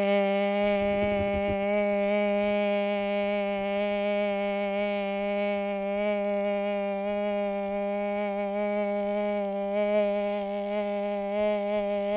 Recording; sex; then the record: sustained vowel /e/; female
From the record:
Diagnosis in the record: Parkinson's disease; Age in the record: 40 years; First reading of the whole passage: 61 s, 7.8 characters per second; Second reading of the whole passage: 52 s, 9.9 characters per second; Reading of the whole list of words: 55 s, 5.1 characters per second